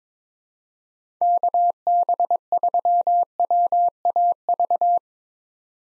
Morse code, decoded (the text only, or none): KB3WAV